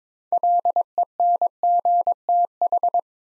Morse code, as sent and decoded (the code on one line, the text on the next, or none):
.-.. . -. --. - ....
LENGTH